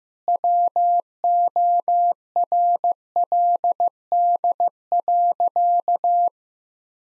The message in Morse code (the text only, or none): WORLD.